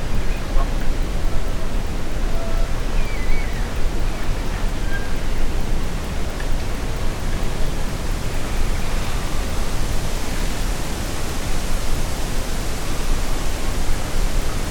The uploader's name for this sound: WHISPERING TREES • Natural Background Noise